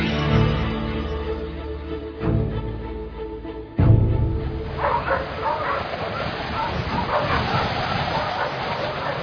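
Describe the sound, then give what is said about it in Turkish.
A pack of sled dogs being harnessed to a sled barks and yips excitedly, with overlapping calls and a few whimpers, building into a busy, steady clamor that keeps going to the end. “çabuk köpekleri kızağa koş.”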